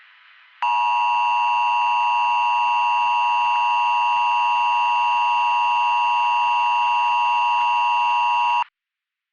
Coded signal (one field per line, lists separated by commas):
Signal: Emergency Alert System (SAME) tones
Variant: 853 and 960 Hz attention tone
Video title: (EAS Scenario) It's Just a Prank Bro! 2: 5 Years Later...